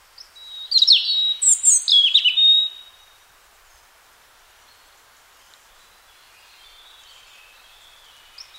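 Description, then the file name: European robin giving a brief burst of high, thin twittering and trilled notes, then fainter high warbling in the background. "Erithacus rubecula"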